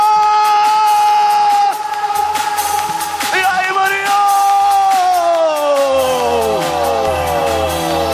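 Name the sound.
crowd shouting and cheering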